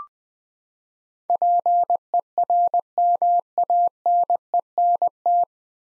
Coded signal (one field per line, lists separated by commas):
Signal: Morse code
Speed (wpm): 20 wpm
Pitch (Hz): 700 Hz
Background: none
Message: PERMANENT